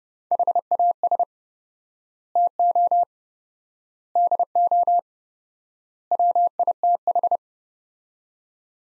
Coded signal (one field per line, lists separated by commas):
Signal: Morse code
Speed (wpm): 31 wpm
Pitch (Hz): 700 Hz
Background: none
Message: HAS TO DO WITH